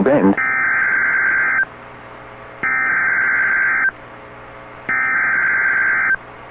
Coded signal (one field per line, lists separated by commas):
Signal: Emergency Alert System (SAME) tones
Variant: header bursts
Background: speech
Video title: EAS #1,966 Online NOAA Weather Radio Severe T’storm Warning #5 5/20/25